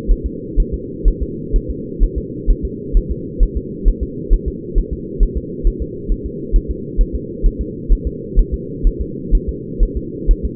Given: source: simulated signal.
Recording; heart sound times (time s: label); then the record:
fetal heart sounds
0.12 s: S1
0.26 s: S2
0.60 s: S1
0.74 s: S2
1.08 s: S1
1.22 s: S2
1.56 s: S1
1.71 s: S2
2.03 s: S1
2.18 s: S2
2.50 s: S1
2.65 s: S2
2.97 s: S1
3.11 s: S2
3.43 s: S1
3.57 s: S2
3.88 s: S1
4.03 s: S2
4.34 s: S1
4.48 s: S2
4.78 s: S1
4.93 s: S2
5.23 s: S1
5.38 s: S2
5.67 s: S1
5.82 s: S2
6.12 s: S1
6.26 s: S2
6.56 s: S1
6.71 s: S2
7.01 s: S1
7.15 s: S2
7.46 s: S1
7.61 s: S2
7.93 s: S1
8.07 s: S2
8.39 s: S1
8.54 s: S2
8.87 s: S1
9.01 s: S2
9.35 s: S1
9.49 s: S2
9.83 s: S1
9.97 s: S2
10.31 s: S1
10.45 s: S2
From the record:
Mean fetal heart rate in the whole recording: 130 bpm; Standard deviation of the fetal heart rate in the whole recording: 2 bpm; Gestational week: 38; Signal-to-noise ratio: -4.1 dB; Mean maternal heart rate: no maternal heart sound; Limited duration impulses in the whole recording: absent